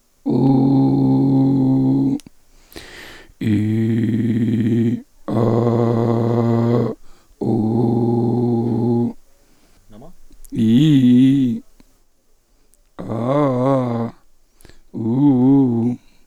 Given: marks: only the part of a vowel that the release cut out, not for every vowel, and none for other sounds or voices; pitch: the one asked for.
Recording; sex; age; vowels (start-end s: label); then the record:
sustained vowels; male; 50 to 59 years
0.44-1.99 s: vowel /u/, high pitch
3.59-4.82 s: vowel /i/, low pitch
5.42-6.73 s: vowel /a/, low pitch
7.52-9.01 s: vowel /u/, low pitch
10.65-11.46 s: vowel /i/, low-high-low pitch
13.23-13.99 s: vowel /a/, low-high-low pitch
15.17-15.86 s: vowel /u/, low-high-low pitch
From the record:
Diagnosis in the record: dysphonia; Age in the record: 54 years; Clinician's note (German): Organisch, mit Verdacht auf Stimmbandpolyp